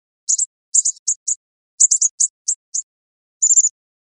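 Bird calling with rapid, high-pitched chirps in quick groups, ending in a short trilled burst, with nothing else audible.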